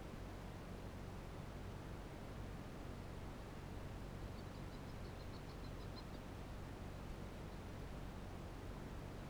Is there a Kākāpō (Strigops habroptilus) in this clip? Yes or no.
no